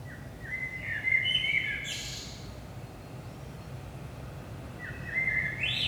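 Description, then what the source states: Blackbird song with a rich warbled phrase that ends in a brief high scratchy flourish, followed seconds later by the start of another phrase; faint low background rumble. Recorded in Saint-Gilles, Belgium, early morning at 5 am; DPA 4060 microphones in AB position into a Zoom F3 recorder.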